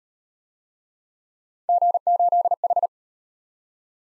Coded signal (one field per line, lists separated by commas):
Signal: Morse code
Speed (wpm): 35 wpm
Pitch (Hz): 700 Hz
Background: none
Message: G8H